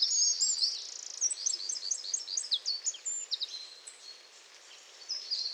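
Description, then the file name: Eurasian wren singing a rapid, shrill stream of high notes and quick trills that fades into scattered chips near the end. "Troglodytes troglodytes"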